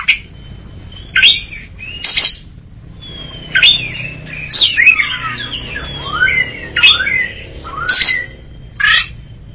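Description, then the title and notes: Greater green leafbird song: separate bursts of sweet slurred whistles and harsh chips, spaced about a second apart, with a thin sustained whistle early on. Champion singer, chirping song. "Kicau Burung Cucak Ijo Juara. Suara kicauan burung cucak ijo"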